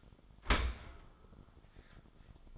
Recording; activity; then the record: daily activity, microphone in the room; open dishwasher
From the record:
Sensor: 5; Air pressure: 1004.8 hPa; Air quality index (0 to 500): 92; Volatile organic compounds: 2 ppm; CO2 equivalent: 1110 ppm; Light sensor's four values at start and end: 33/76/31/30 and 33/75/30/30